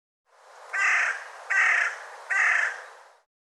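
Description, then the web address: Bird giving three harsh, hoarse caws of even length, spaced roughly evenly, over a steady hiss that starts just before the first caw and stops just after the last. "cianscape birddata Deverinetal 2025"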